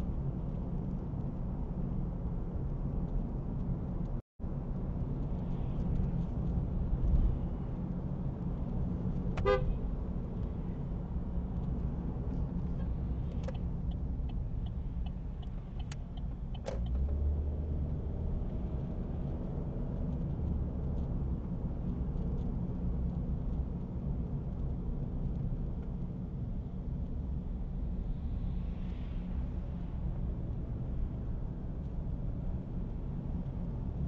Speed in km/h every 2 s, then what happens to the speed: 44, 46, 48, 48, 50, 50, 47, 45, 33, 18, 24, 40, 44, 39, 34, 30, 29.
0-8 speeds up to 50. 8-18 slows to 18. 19-23 speeds up to 44. 23-30 slows to 30.